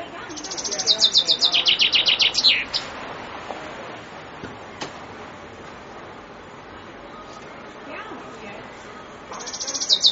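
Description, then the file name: Common chaffinch song: a quick descending trill with a final flourish, then several seconds of quiet with a faint click, before another phrase starts. "fringuello"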